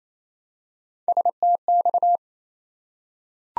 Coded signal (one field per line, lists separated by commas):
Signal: Morse code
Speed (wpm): 29 wpm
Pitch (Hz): 700 Hz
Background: none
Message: STX